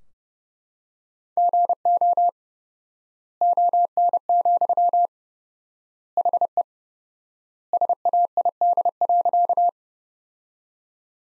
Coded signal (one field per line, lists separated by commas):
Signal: Morse code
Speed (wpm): 30 wpm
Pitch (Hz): 700 Hz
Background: none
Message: GO ON, HE SAID.